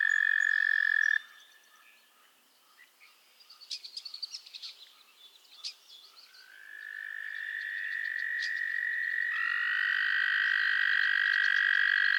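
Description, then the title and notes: Frogs calling: a brief trill cuts off, faint clicks and chirps follow, then trills rise again and build into a loud continuous chorus. Chorus of frogs crooning to one another on an idyllic summer evening at Miners Marsh, Annapolis Valley, Nova Scotia. "Theraphonia - Frogsong at Miners Marsh. A chorus of frogs croon to one another on an idyllic summer evening in Miners Marsh, Annapolis Valley, Nova Scotia"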